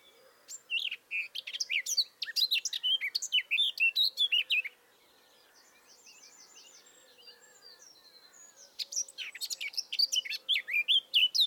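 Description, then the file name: Eurasian blackcap singing energetic warbled phrases, stopping for several seconds of faint background chirps before resuming its varied, fast song. "Sylvia atricapilla"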